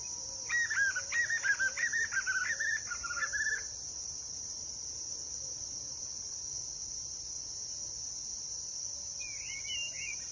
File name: Canto do joao bobo